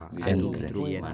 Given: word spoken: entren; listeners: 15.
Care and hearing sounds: one Spanish word in noise, from a listening test; four-talker babble; -1.2 dB; 0 of 15; 12 of 15; 0.74 s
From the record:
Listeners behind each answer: 12, 1, 1, 1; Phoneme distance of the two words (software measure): 7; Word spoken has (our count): 2 syllables, 6 phonemes, stress on syllable 1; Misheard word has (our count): 2 syllables, 5 phonemes, stress on syllable 1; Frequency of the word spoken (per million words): 3.80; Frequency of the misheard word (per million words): 1753.38

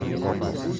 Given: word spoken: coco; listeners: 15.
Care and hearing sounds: one Spanish word in noise, from a listening test; eight-talker babble; -2.4 dB; 0 of 15; 7 of 15; 0.40 s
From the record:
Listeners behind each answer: 7, 2, 2, 1, 1, 1, 1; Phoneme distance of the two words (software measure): 27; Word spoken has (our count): 2 syllables, 4 phonemes, stress on syllable 1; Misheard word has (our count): 2 syllables, 5 phonemes, stress on syllable 1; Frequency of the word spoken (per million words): 10.15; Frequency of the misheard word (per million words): 17.10

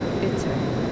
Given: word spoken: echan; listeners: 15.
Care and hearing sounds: one Spanish word in noise, from a listening test; speech-shaped noise; -6.6 dB; 4 of 15; 7 of 15; 0.52 s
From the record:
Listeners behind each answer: 7, 4, 2, 1, 1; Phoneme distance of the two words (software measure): 7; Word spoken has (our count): 2 syllables, 4 phonemes, stress on syllable 1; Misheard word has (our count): 2 syllables, 3 phonemes, stress on syllable 1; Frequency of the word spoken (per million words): 6.31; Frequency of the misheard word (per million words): 17.54

